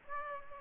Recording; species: mosquito wingbeat signal from an infrared sensor; Aedes aegypti